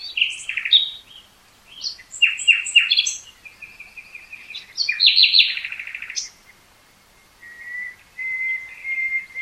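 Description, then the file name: Common nightingale singing varied, rapid phrases of chirps, buzzy trills and sharp notes, ending with long, steady whistled tones after short pauses; no other clear sounds. "Luscinia megarhynchos"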